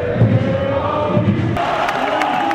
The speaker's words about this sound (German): So, die Hymne ist zu Ende. Sie jubeln. Vielleicht 250 Personen höchstens hier versammelt.